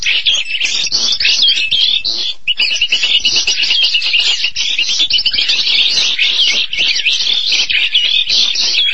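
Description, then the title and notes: Starling song, long unbroken run of chattering, whistled and buzzy notes with little variation in loudness. "suara burung jalak"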